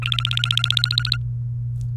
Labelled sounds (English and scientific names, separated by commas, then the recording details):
Domestic Canary (Serinus canaria) song
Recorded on 29 April 2018 at 17:46
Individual llb3